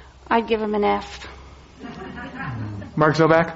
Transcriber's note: laughter